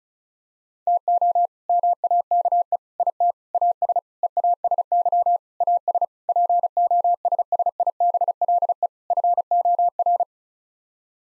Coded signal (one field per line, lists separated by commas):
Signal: Morse code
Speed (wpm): 36 wpm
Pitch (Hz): 700 Hz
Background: none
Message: TO MAKE IT AS EASY AS POSSIBLE FOR